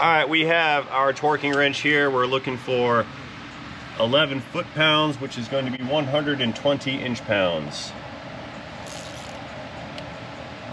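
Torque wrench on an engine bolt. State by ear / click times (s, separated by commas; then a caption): torque reached / 10.0 s. A torque wrench tightens a bolt to 11 ft-lb (120 in-lb) during engine reassembly. Someone talks first, then against a low steady hum the wrench gives a faint, quiet click at its setting at 9.98 s.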